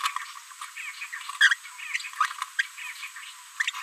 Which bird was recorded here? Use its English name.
Green-rumped Parrotlet